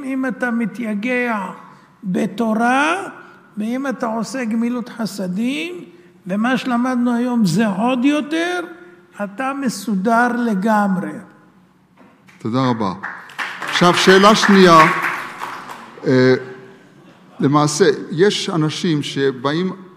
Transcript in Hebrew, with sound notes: 'אם אתה מתייגע בתורה ואם אתה עושה גמילות חסדים ומה שלמדנו היום - זה עוד יותר, אתה מסודר לגמרי!' ש. תודה רבה [מחיאות כפים] ש. עכשיו שאלה שנייה אה, למעשה יש אנשים שבאים